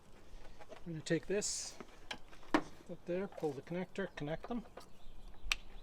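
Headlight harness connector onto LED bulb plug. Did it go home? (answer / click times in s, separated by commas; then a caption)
yes / 5.5 s. A plastic headlight harness wiring connector is pushed onto the plug of an LED headlight bulb. Someone talks while working, then one sharp, short click sounds at 5.5 s as the connector seats on the bulb.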